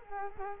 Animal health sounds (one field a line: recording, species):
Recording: mosquito wingbeat signal from an infrared sensor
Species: Culex quinquefasciatus